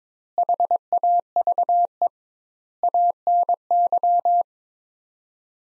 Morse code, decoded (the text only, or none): HAVE ANY